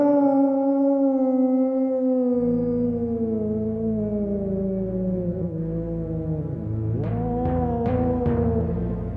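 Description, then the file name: Wolf howl, a long smooth tone sliding slowly downward over about seven seconds, then breaking into shorter wavering yelps near the end, with a low rumble underneath. "lupo"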